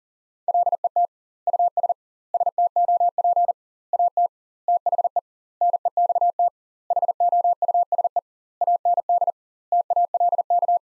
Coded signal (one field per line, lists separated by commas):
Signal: Morse code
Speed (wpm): 40 wpm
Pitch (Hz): 700 Hz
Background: none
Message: LET US STOP AT THE NEXT HOUSE AND TALK